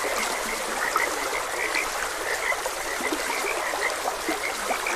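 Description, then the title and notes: Dense frog chorus of quick bright croaks from several callers, heard over steadily running water. Frogs croaking beside a gentle stream. "Gentle Stream and Frogs Croaking. Sleep and Relaxation Podcast"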